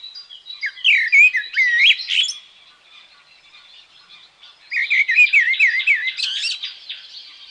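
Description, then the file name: Common blackbird song: two phrases of looping, fluty warbled notes with high squeaky twitters, split by a quieter gap. "Merel"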